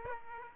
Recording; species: mosquito wingbeat signal from an infrared sensor; Aedes aegypti